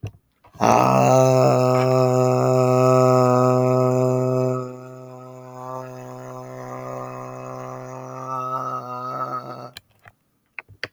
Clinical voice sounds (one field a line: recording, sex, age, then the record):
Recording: vowel held as long as possible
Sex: male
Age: 30 to 39 years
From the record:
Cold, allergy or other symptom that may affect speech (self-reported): no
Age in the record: 32 years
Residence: Connecticut, United States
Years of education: 16